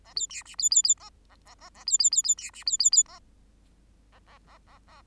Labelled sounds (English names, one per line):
Bengalese Finch song